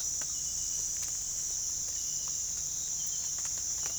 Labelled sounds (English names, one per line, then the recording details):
none
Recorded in pastures near Puerto Asís, Putumayo, Colombia, on 22 December 2024 at 05:30
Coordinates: 0.487, -76.322
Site GP09